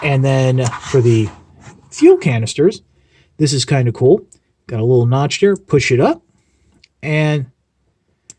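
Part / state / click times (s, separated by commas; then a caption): fuel canister folding into blaster mode on a transforming toy / seated / 8.3 s. Someone talks while a plastic fuel canister on a transforming robot toy is pushed up at a notch and folded out into a hand blaster. A short, sharp click at 8.3 s marks the canister seating into place in blaster mode.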